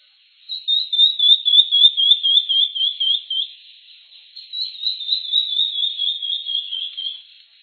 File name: vira folha de peito vermelho